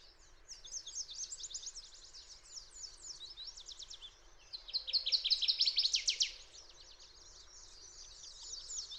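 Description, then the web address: Fox sparrow song: a phrase of quick, slurred high notes in the middle, amid continuous faint high twittering. "birdsongforthecurious Fox Sparrow"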